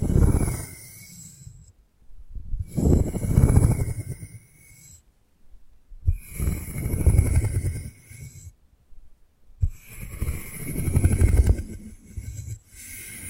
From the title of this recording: 3D panoramic ear picking with various props